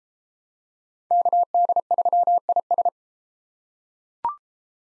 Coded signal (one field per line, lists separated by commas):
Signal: Morse code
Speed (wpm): 32 wpm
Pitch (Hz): 700 Hz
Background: none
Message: KD3IS